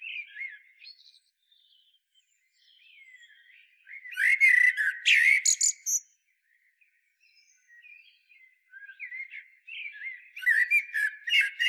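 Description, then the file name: Common blackbird song, soft warbling notes building into a loud fluty phrase with high twittery overtones midway, a lull of quiet warbles, then another strong burst at the end. "Turdus merula"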